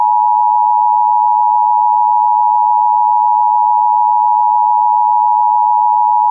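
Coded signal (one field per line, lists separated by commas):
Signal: Emergency Alert System (SAME) tones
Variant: 853 and 960 Hz attention tone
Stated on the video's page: Simulated nationwide activation in a hypothetical mock broadcast with realistic audio design.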